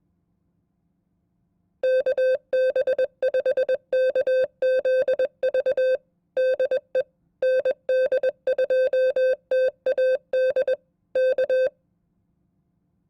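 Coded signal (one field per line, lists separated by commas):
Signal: Morse code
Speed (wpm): 22 wpm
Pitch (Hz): 520 Hz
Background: none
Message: KB5KZV DE ND2TAD K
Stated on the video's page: Morse code test at 20 WPM, representative of an FCC examiner's code test.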